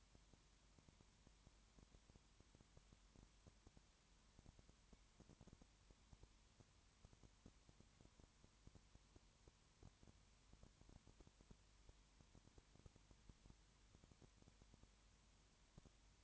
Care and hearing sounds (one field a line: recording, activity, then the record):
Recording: daily activity, microphone in the room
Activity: no activity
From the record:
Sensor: 3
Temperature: 21.1 degrees Celsius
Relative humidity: 37.0%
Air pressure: 1010.6 hPa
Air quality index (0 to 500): 204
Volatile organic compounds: 31 ppm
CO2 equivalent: 2977 ppm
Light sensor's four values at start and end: 2/3/2/2 and 2/3/2/2